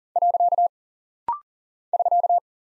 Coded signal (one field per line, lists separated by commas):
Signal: Morse code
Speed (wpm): 42 wpm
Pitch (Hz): 700 Hz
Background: none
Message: . <SK>